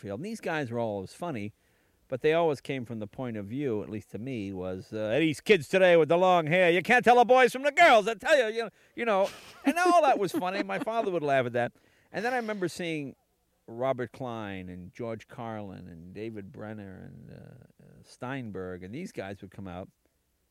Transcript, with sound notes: and these guys were always funny, but they always came from the point of view, at least to me, was these kids today with the long hair, you can't tell the boys from the girls, I'll tell you. You know...
(LAUGHTER)
And all that was funny. My father would laugh at that. And then I remember seeing Robert Klein and George Carlin and David Brenner and Steinberg, and these guys would come out,